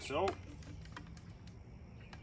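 Someone talks briefly at the start as the plastic top cap of a Jebao NPU13 pond UV clarifier, being refitted during a bulb replacement, is put onto the clarifier housing at an angle. A few faint, sharp handling ticks follow over a quiet background. The cap has not yet locked into place, and nothing has seated or clicked yet.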